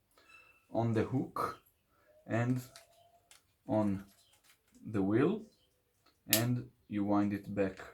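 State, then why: Not seated. Someone talks while rubber bands are hooked onto the wooden rotating ratchet wheel of a laser-cut Robotime Terminator M870 wooden rubber-band toy shotgun, and the wheel is handled to be wound back one step. The clip ends before the ratchet catches, so nothing has clicked or seated yet.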